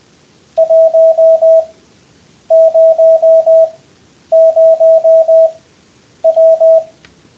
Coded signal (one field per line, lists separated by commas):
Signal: Morse code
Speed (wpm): 20 wpm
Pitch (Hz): 660 Hz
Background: none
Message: 100W